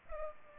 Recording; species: mosquito wingbeat signal from an infrared sensor; Culex pipiens